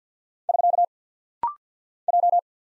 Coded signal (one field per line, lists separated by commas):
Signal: Morse code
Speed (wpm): 48 wpm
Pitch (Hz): 700 Hz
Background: none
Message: <SK> J